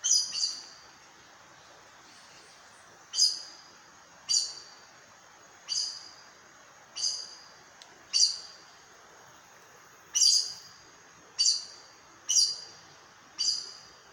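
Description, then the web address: Aracari giving a series of sharp, high squeaky notes at uneven intervals, with a longer quiet gap near the start. "sound Aracari. دانلود-صدای-پرنده-پرزبان"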